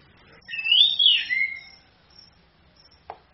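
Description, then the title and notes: Orange-headed thrush gives one clear, rich warbled phrase that rises and then falls, followed by silence and a single sharp click. Female; used as a tutor to train other songbirds. "ANIS KEMBANG BETINA CAS DENGAN LAYAR HP. Masteran Anis Kembang"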